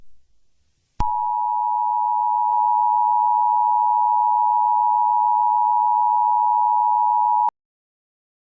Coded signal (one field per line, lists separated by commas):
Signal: Emergency Alert System (SAME) tones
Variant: 853 and 960 Hz attention tone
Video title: Eas Scenario 002 - Nuclear Power Plant Incident